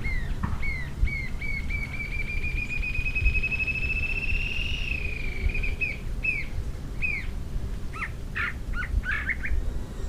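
Green-tailed jacamar calls: spaced thin notes accelerate into a long rising high trill, then break into separate slurred notes again, over low background noise.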